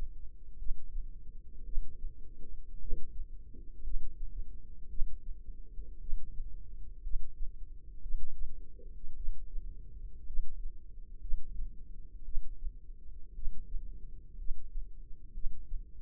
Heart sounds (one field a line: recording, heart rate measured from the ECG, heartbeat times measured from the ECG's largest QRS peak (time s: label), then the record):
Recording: heart sounds by microphone in the left ear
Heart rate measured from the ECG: 57 bpm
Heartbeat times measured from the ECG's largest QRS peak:
0.57 s: heartbeat
1.64 s: heartbeat
2.79 s: heartbeat
3.82 s: heartbeat
4.88 s: heartbeat
5.99 s: heartbeat
7.02 s: heartbeat
8.01 s: heartbeat
9.15 s: heartbeat
10.25 s: heartbeat
11.20 s: heartbeat
12.24 s: heartbeat
13.34 s: heartbeat
14.37 s: heartbeat
15.32 s: heartbeat
From the record:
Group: healthy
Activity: rest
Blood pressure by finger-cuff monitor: 85/59 mmHg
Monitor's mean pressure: 67 mmHg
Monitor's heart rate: 57 bpm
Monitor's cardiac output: 4.1 L/min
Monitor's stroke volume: 74 mL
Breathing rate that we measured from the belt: 17 breaths a minute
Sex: female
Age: 36 years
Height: 163 cm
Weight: 88 kg